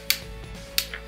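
A carbon leg of a ZOMEI Z888C tripod is swung through its angle stops, and the leg's angle lock engages the notches of its three-notch hinge detent. Sharp clicks at 0.1 s and 0.8 s mark the stop clicking into a notch, followed by a fainter sound at 0.9 s. The angle lock seats in its notch.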